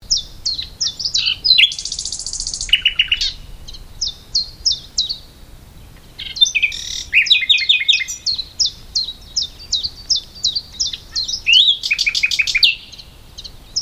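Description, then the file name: Common nightingale song: long runs of quick repeated high notes interrupted by a buzzy high trill, lower rattles and a dense chattering burst. "Luscinia megarhynchos"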